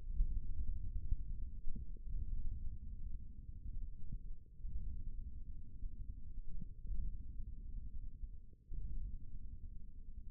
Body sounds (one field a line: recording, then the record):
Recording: forearm muscle sounds (acoustic myography)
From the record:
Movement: hook grip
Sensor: system 1, eight BSWA MPA416 microphones around the upper forearm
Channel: 1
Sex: male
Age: 41 years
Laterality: right